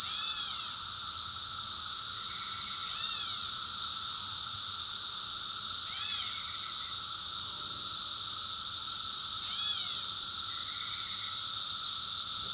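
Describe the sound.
Cicadas buzz without pause in a bright, high drone, as quiet arched chirps return roughly every three seconds in the background.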